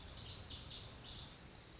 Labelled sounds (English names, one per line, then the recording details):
Lazuli Bunting
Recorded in Sonoma County, California